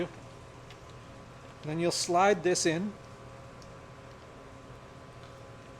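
A part of a Barnett Demun TriStrike mini crossbow is lined up to be slid into position behind the bow limbs. Someone talks briefly in the middle of the clip over a low, steady background hum. Nothing has seated or clicked yet.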